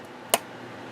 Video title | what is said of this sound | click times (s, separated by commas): Air force One...Part Two | did you hear that click that means the bottom piece of that Ram's in place | 0.3 s